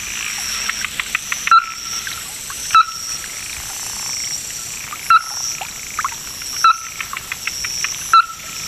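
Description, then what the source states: Ruddy-breasted Crake calling: five hard, sharp knocking notes at irregular intervals, over a steady high whine and fainter sounds. Described as a bird of Hokkaido, Japan.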